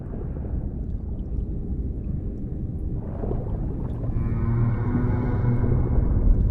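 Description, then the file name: Whale calls, layered tonal sounds with many harmonics appearing after four seconds, including low drawn-out hums, above a continuous heavy low-frequency rumble. "Mpooman Whale Sounds"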